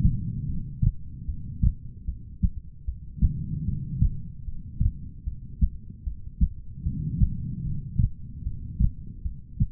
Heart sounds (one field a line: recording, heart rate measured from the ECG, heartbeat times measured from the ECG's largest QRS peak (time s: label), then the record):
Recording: heart sounds by stethoscope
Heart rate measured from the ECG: 75 bpm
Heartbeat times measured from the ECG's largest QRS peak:
0.46 s: heartbeat
1.26 s: heartbeat
2.05 s: heartbeat
2.85 s: heartbeat
3.65 s: heartbeat
4.45 s: heartbeat
5.24 s: heartbeat
6.04 s: heartbeat
6.83 s: heartbeat
7.63 s: heartbeat
8.43 s: heartbeat
9.22 s: heartbeat
From the record:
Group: heart failure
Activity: rest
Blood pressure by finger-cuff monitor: 96/64 mmHg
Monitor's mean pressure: 77 mmHg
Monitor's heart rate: 75 bpm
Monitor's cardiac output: 4.9 L/min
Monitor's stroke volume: 65 mL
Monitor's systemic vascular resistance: 1140 dyn s/cm5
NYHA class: 2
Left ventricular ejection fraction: 58%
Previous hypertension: present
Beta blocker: bisoprolol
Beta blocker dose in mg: 5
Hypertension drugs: ramipril, spironolactone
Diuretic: furosemide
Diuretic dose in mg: 160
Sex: female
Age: 55 years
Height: 155 cm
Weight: 67 kg